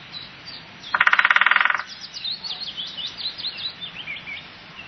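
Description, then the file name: Woodpecker gives a rapid, loud rattle of pulses lasting nearly a second, followed by thin whistled songbird phrases in the background. "spechtgb"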